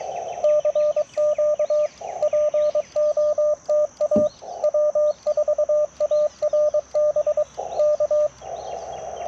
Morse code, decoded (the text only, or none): CQ POTA W4ARB K